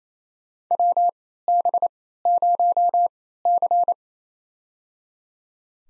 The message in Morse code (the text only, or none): WB0C